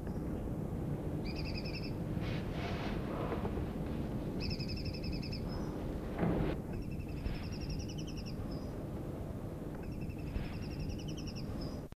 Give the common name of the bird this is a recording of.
Fork-tailed Sunbird